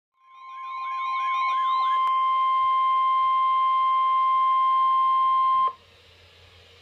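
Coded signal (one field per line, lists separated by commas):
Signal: Emergency Alert System (SAME) tones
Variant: 1050 Hz attention tone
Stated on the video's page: Areal flood warning recorded live from radios with an iPhone 5S.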